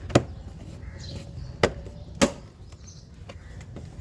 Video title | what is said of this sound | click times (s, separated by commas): How to remove infotainment screen radio unit in Kia Sportage | and press it straight in until all the clips click into place. | 0.1 s, 1.6 s, 2.2 s